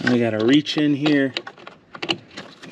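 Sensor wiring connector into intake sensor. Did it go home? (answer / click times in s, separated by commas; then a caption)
yes / 2.0 s, 2.1 s. On a 2019-2024 Dodge Ram 2500 with the 6.7L Cummins, a plastic electrical wiring connector is reached in behind the new Banks Ram-Air intake and plugged into the intake air sensor. Someone talks, then two sharp, short clicks at 2.0 and 2.1 seconds show the connector seating as it is pushed home.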